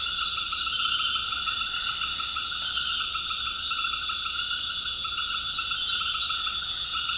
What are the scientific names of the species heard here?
none